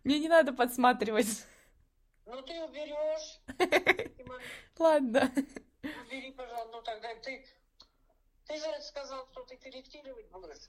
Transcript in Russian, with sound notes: Мне не надо подсматривать.
Ну ты уберёшь. [смех] Убери, пожалуйста, ну тогда ты… ты же сказала, что ты корректировать будешь?